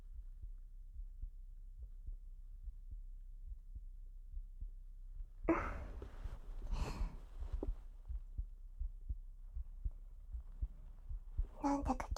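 Normal heartbeat of a nervous adult, heard through a close microphone; the heart may be starting to speed up.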